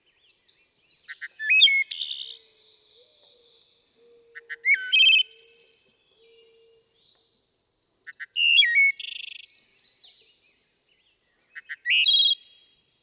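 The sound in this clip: Wood thrush song, four phrases spaced a few seconds apart, each with soft pips, a fluted whistle and a high buzzy trill; faint low hum between phrases.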